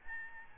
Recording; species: mosquito wingbeat signal from an infrared sensor; Aedes albopictus